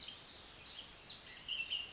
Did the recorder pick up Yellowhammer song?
no